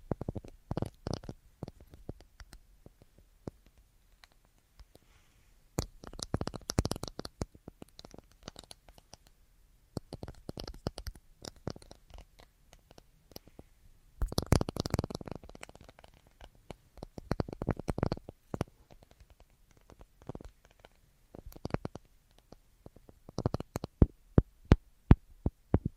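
Tapping on assorted surfaces comes in uneven bursts of quick, dry clicks and knocks, some clusters dense and rapid, others sparse. The busiest flurries land around 6–8 seconds and 14–15 seconds, separated by near-silent pauses, with scattered sharper taps toward the end.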